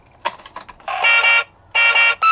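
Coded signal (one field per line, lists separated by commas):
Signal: none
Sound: toy police car beeps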